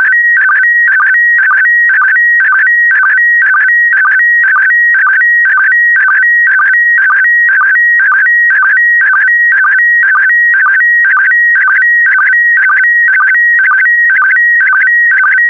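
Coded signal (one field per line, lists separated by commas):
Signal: SSTV (slow-scan television)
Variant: PD120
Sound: continuous warbling tone with rhythmic short low blips about twice a second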